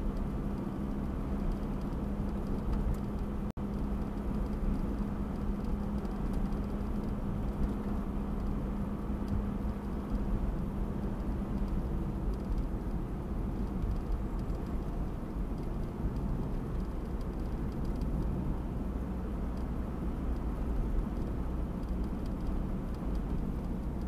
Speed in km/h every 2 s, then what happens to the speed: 48, 50, 50, 48, 48, 47, 47, 46, 45, 44, 44, 43.
0-24 steady at about 47.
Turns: none.